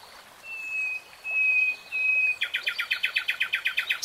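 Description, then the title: Nightingale song: long pure whistled notes held steady, then a fast loud series of repeated chip notes. Singing, recorded in real time. "[Tiếng chim hót] Nightingale Singing"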